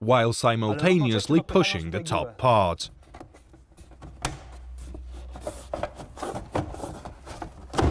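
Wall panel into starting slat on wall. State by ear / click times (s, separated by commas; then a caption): seated / 4.2 s. A wall cladding panel is held at the bottom in the starting slat on the wall while its top is pushed in, and someone talks at the start. A sharp click is heard at 4.2 s as the panel snaps home and is properly mounted, followed by a few fainter taps and knocks.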